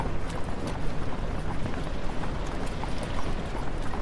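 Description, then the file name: Horse hoofbeats, brisk repeated clops over the deep rumble of a rolling carriage. Horse pulling a carriage. "horse and carriage"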